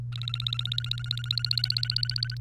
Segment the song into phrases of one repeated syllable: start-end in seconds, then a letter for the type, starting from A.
0.13-2.37 A